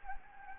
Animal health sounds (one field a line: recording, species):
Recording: mosquito wingbeat signal from an infrared sensor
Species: Anopheles gambiae